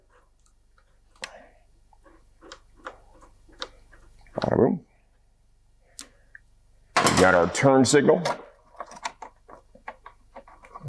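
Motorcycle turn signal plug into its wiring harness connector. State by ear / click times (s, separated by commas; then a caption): seated / 9.9 s. On a Yamaha R7 motorcycle, during a bracket install, a turn signal plug is pushed into its wiring harness connector among scattered small taps and handling sounds while someone talks. A sharp click at 9.9 s marks the connector locking into place, seated.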